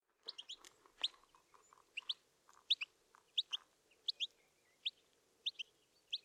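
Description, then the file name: European goldfinch calls: bright, quick chirps, often in pairs, repeated irregularly, with softer lower twittering notes between them. "Carduelis carduelis"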